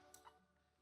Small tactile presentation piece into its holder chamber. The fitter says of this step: P side down right there in that little chamber and make sure you hear a little click